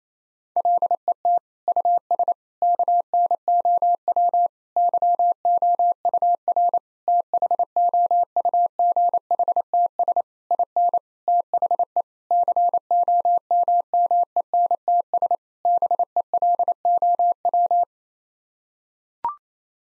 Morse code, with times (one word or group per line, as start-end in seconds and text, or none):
0.6-1.4 LET
1.7-2.3 US
2.6-4.5 KNOW
4.8-6.8 YOUR
7.1-10.2 THOUGHTS
10.5-11.0 IN
11.3-12.0 THE
12.3-15.4 COMMENTS
15.7-17.8 BELOW